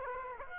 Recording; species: mosquito wingbeat signal from an infrared sensor; Aedes aegypti